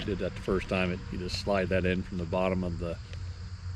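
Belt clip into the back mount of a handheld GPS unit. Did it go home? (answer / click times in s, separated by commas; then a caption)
no / none. A plastic belt clip is being slid up from the bottom onto the back mount of a Garmin Alpha 200i handheld dog-tracking GPS while someone talks throughout. Nothing has seated or clicked yet; the clip ends just before it snaps into place.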